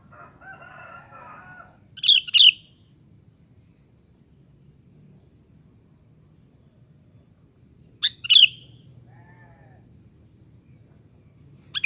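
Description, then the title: Sooty-headed bulbul phrases, short chirps with a whistled end, heard a few times about six seconds apart; a lower call sounds at the start. "Kutilang"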